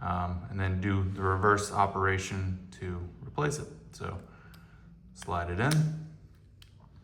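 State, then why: Seated. Someone talks while a coin cell battery is slid into the battery slot of a Jeep key fob and pressed down. A small, quiet click is heard at 6.6 s as the battery seats in the slot.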